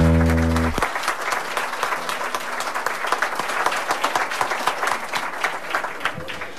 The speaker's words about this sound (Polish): Tu poproszę o brawa, gromkie.